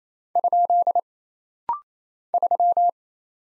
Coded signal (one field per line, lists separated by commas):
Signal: Morse code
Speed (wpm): 27 wpm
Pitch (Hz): 700 Hz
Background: none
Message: ? 3